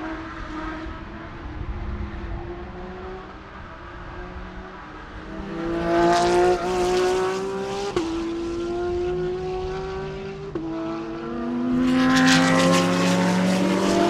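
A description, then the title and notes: Racing engine sound with a strong, steady drone whose pitch climbs slowly, dropping abruptly at about 8 and 10.5 seconds like gear changes before rising again. Louder bursts of bright hissing noise swell in around 6 seconds and again near 12 seconds. Sounds of Rolex 24 At Daytona Qualifying. It's an ambient racing audio feature captured during qualifying for January's Rolex 24 At Daytona where IMSA's GT Daytona, GT Le Mans, and DPi/LMP2 classes hit the track for individual sessions. The amazing sounds produced by the exotic models in IMSA's WeatherTech SportsCar Championship.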